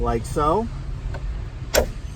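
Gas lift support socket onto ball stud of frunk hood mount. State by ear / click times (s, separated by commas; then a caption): seated / 1.8 s. Someone talks as the socket end of a new pneumatic gas lift hood support for a Tesla Model 3 frunk is rotated into position and pressed onto the ball stud on the lower hood mount. A faint tick comes at 1.1 s, then a sharp snap at 1.8 s as the socket pops onto the stud and seats.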